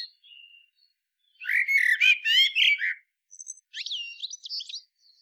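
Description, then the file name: Common blackbird song: a faint opening note, then a mellow warbled phrase of about one and a half seconds ending in high, scratchy twitters. "Turdus merula"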